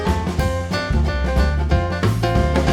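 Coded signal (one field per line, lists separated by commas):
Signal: none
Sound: beeps within music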